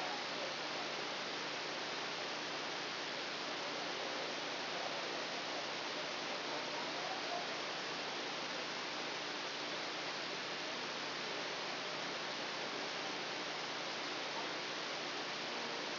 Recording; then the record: brain microelectrode recording played as sound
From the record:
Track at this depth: outside the subthalamic nucleus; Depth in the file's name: -0.883 mm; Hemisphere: left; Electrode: 2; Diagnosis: Parkinson's disease